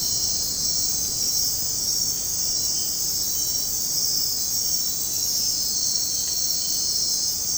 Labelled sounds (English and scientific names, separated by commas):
none